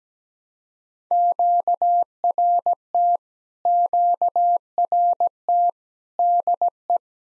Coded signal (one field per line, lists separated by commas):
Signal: Morse code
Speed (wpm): 17 wpm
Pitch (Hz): 700 Hz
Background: none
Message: QRT QRT DE